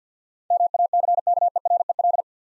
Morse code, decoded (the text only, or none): MACKEREL